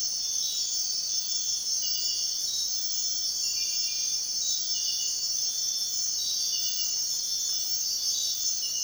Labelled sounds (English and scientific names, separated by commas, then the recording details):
none
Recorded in dense forest near Puerto Asís, Putumayo, Colombia, on 21 March 2025 at 05:00
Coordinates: 0.499, -76.324
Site GP03